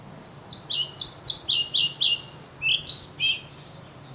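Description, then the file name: European pied flycatcher singing one steady phrase of paired high and lower whistled notes, about four per second, ending in a few brighter varied notes. "Svartvit flugsnappare"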